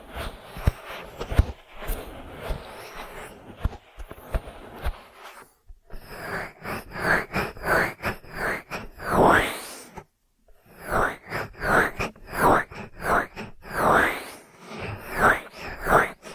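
An ear massage of rubbing and brushing against the microphone. The first few seconds are a dense, crackly scratching with sharp clicks, then after a brief pause come rhythmic swelling strokes, about one or two per second, bright and hissy, interrupted once by a short silence.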